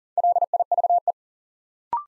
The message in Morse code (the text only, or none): LIVE